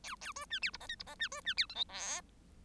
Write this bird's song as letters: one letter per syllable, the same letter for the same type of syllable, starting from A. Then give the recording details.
A A B C D E F G E F C B C D H I J. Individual Bird1